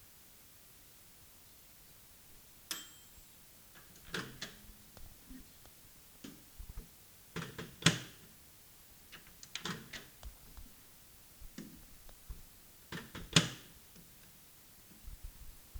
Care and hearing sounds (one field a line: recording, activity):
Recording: daily activity, guitar pickup as the sensor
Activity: use microwave